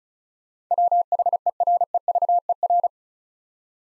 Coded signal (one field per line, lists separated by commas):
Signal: Morse code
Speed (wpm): 34 wpm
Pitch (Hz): 700 Hz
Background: none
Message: WHEREVER